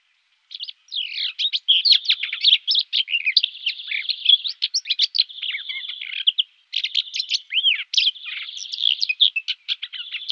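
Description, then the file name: Common whitethroat delivering a long scratchy warble of rapid chattering notes with brief buzzy squeaks, broken by one short pause. "Greater Whitethroat"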